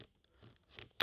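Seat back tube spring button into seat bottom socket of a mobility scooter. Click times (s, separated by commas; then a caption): 1.0 s. The spring button is pressed in on the metal seat back tube of a TravelScoot Deluxe mobility scooter and the tube slides into the seat bottom socket with soft scraping and rubbing. The button pops out and locks with a sharp, loud snap at 1.0 s, seating the seat back.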